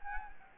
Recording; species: mosquito wingbeat signal from an infrared sensor; Anopheles gambiae